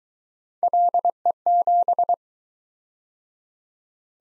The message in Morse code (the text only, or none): LE7